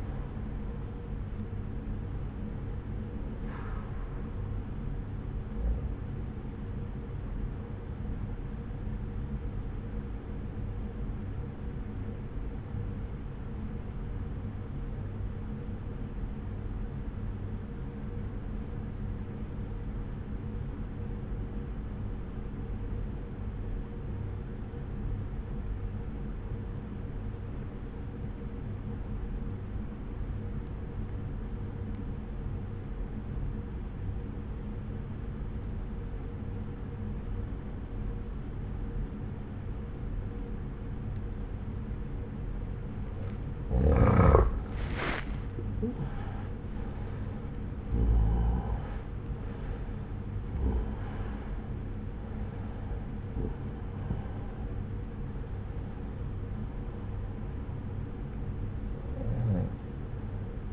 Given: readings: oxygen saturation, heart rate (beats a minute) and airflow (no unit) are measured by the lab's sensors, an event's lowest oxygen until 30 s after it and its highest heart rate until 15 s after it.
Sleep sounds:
breathing in sleep by a smartphone at the bedside; 1
15.00-45.00 s: obstructive apnea (N1, oxygen 96% highest, then 83% lowest)
From the record:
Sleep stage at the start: N1 (lightest sleep); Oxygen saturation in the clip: 86 to 96%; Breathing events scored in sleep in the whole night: 303 in 8.1 hours asleep

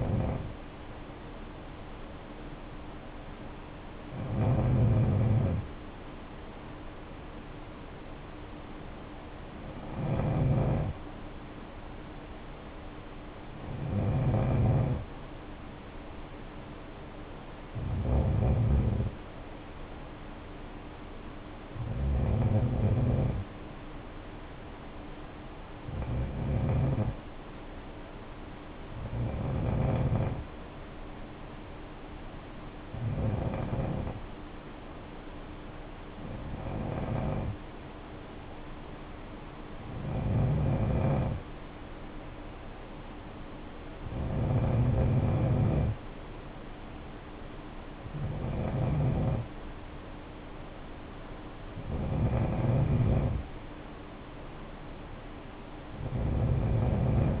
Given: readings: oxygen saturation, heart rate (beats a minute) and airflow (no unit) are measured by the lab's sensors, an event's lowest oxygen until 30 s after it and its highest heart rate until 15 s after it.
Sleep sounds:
breathing in sleep by a voice recorder at the bedside; none
none scored
From the record:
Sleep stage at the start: N2 (light sleep); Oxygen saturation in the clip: 92 to 94%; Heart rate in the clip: 56 to 61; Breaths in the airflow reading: 14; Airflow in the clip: -6.7 to 4.3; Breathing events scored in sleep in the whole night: 520 in 7.2 hours asleep

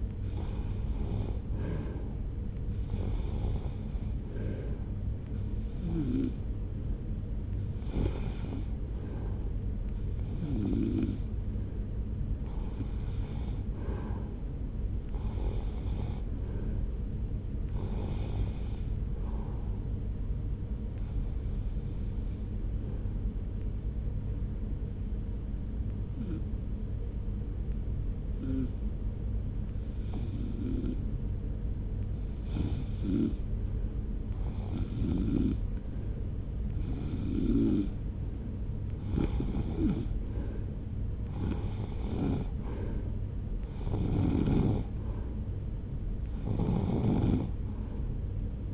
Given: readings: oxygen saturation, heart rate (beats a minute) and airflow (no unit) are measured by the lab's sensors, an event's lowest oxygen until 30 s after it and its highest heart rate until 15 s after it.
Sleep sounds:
breathing in sleep by a smartphone at the bedside; 1
10.00-24.50 s: hypopnea (REM, oxygen 94% highest, then 86% lowest)
From the record:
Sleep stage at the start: REM sleep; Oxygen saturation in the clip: 86 to 94%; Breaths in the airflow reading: 20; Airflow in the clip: -0.9 to 1.2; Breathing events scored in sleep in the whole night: 335 in 6.7 hours asleep

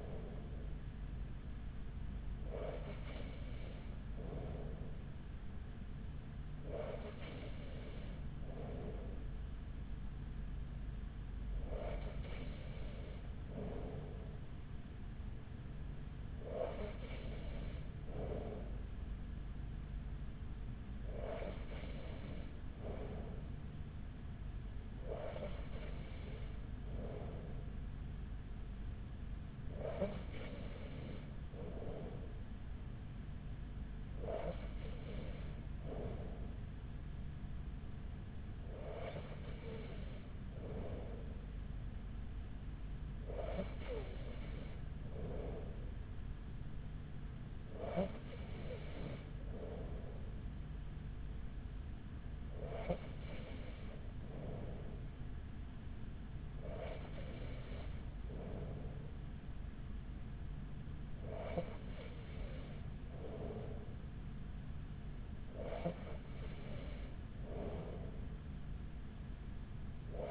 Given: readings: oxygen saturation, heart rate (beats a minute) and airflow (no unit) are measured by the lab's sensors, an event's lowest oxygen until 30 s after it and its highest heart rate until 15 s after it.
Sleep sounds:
breathing in sleep by a smartphone at the bedside; none
none scored
From the record:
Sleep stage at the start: N3 (deep sleep); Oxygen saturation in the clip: 94%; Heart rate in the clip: 41 to 44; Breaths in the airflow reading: 16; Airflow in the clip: -5.0 to 4.6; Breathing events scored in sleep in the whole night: 207 in 7.6 hours asleep

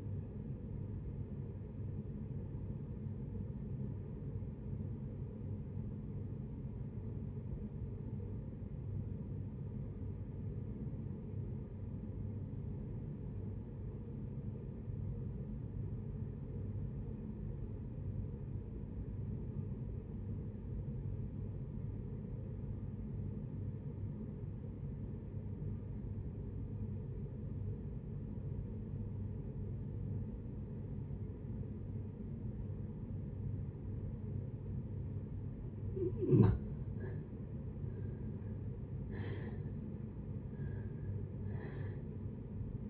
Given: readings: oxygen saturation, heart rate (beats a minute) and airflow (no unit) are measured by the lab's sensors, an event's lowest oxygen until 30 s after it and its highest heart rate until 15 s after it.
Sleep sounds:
breathing in sleep by a smartphone at the bedside; 1
4.00-36.10 s: obstructive apnea (REM, oxygen 94% highest, then 58% lowest, heart rate 68 at the start, 84 highest)
From the record:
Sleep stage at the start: REM sleep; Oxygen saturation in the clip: 65 to 94%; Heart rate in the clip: 53 to 75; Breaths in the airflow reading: 4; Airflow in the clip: -7.9 to 6.7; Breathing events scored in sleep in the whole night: 496 in 5.4 hours asleep

